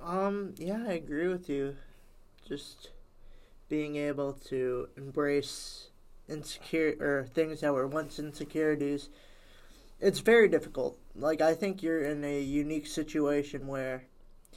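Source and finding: Adult speaker. Ordinary speech.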